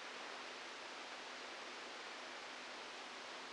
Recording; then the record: brain microelectrode recording played as sound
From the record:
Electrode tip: outside the subthalamic nucleus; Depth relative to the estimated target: 3 mm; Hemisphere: left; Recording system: NeuroSet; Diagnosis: Parkinson's disease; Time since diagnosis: 12 years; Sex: male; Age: 61 years